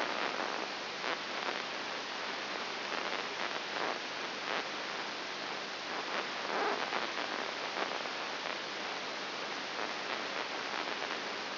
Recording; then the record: brain microelectrode recording played as sound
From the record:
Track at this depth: inside the subthalamic nucleus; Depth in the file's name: 3.501 mm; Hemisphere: right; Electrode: 3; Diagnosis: Parkinson's disease